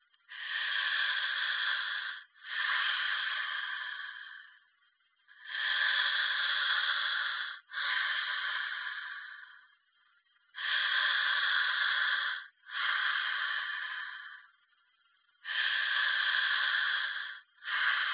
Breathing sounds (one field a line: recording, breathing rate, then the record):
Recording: paced breathing near a phone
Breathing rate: 12 breaths a minute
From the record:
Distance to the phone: 20 cm